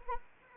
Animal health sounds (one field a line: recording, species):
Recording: mosquito wingbeat signal from an infrared sensor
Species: Anopheles arabiensis